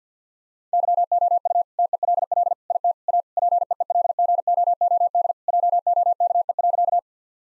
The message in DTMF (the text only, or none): none